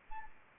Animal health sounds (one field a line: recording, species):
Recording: mosquito wingbeat signal from an infrared sensor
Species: Anopheles arabiensis